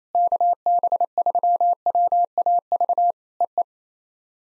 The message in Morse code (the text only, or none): KB3WAV EE